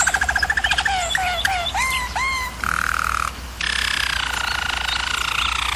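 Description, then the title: German Roller canary song of quick descending pulses and upswept slurred notes, shifting into a sustained rolling trill and then a long buzzy tour, over a low background hum. Canary training recording of a German Roller canary singing. "German Roller Canary Singing - Canary Training Vid"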